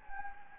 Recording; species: mosquito wingbeat signal from an infrared sensor; Anopheles gambiae